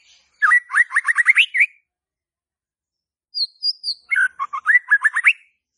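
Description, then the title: White-rumped shama song in two bursts of quick, rising whistled notes with a thin high whistle before the second burst. Lure (pancingan) to stimulate stressed, stalled (macet) white-rumped shamas. "PANCINGAN Murai Batu STRES & MACET"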